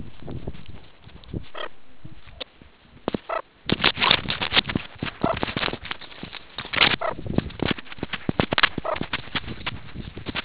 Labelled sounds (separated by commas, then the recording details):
meerkat close call
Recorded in the Kuruman River Reserve, South Africa
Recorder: an audio tag on a meerkat's collar